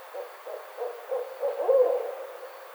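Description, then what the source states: Barred owl: a sequence of muffled hoots gathering in strength, then a longer, wavering hoot that fades away. Recorded on 29 May 2009.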